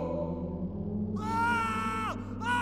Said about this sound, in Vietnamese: Sau đó chỉ nghe thấy tiếng la hét thất thanh của … từ trong xe.